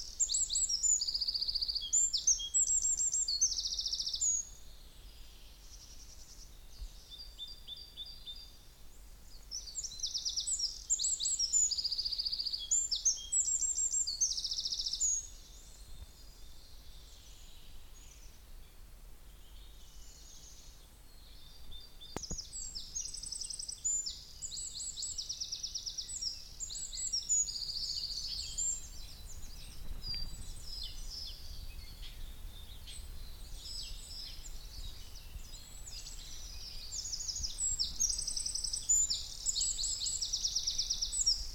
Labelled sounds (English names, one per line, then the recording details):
Eurasian Wren
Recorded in the wild
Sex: male
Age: adult
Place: Müggelsee, Berlin, DE
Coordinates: 52.43, 13.64
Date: 1990-04-20
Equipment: Uher 4400 Report Monitor, Sennheiser ME 80, K 30 AV
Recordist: Fischer, Stefan
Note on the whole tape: Gesang - Reviernachbar der vorangegangenen Aufnahme